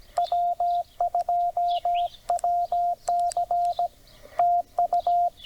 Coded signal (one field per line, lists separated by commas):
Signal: Morse code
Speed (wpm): 17 wpm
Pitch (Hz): 700 Hz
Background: none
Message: W2WC TU